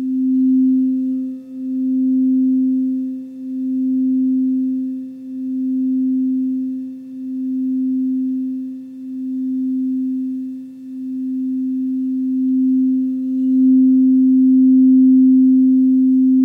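A crystal or Tibetan bowl rings with a steady low hum and a faint higher overtone above it. The tone swells and dips in a slow regular pulse, roughly every two seconds, then settles into a smoother, slightly louder sustain for the last few seconds.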